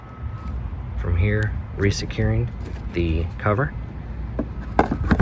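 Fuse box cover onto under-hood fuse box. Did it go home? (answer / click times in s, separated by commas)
yes / 4.8 s, 5.1 s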